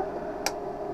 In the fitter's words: let's see if I can pop it in again these are unbreakable lenses so I have that advantage and pops